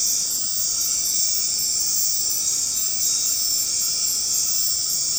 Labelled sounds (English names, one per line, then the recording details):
none
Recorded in dense forest near Puerto Asís, Putumayo, Colombia, on 19 March 2025 at 21:00
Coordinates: 0.500, -76.322
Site GP06